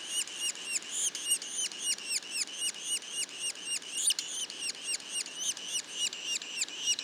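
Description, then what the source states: Yellow-bellied sapsucker juveniles repeat high, curving squeaks nearly four times a second, a steady insistent series over faint hiss. Juveniles; Mont-Orford National Park, Quebec.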